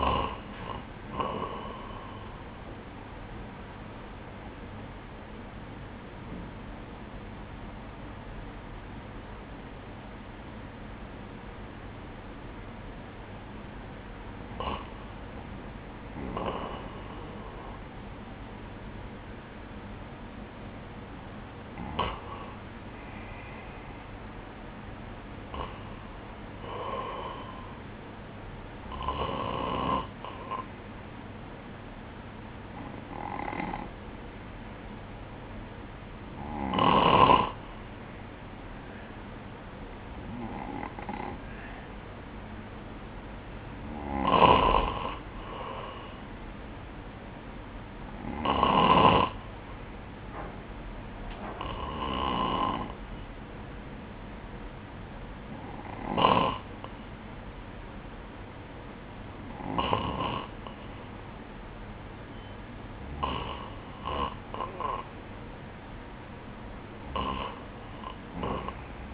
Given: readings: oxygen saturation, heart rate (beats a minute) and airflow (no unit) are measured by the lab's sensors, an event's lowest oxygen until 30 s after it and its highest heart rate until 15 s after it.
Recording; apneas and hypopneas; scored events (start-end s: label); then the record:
breathing in sleep by a voice recorder at the bedside; 1
3.00-23.30 s: hypopnea (N1, oxygen 96% highest, then 94% lowest, heart rate 62 at the start, 68 highest)
60.00-69.14 s: new sleep stage, N2 (light sleep)
From the record:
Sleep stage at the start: N1 (lightest sleep); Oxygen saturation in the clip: 94 to 96%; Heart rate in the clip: 58 to 68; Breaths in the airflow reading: 16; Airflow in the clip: -10.7 to 6.0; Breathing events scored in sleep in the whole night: 180 in 6.7 hours asleep